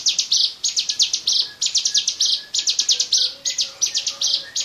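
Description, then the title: Bar-winged prinia song of bright, rapid stuttering notes ending in brief buzzes, phrases repeated steadily, with a faint thin whistle in the background. "Suara Burung Ciblek"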